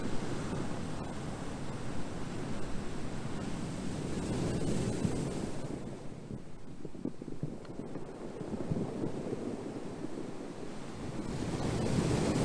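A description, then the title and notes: Ocean waves wash in a steady, dense roar, strongest in the low and middle range, swelling around four to five seconds and again near the end. The middle stretch eases slightly. A low rumble of wind buffeting the microphone runs underneath throughout. Peaceful sound of ocean waves.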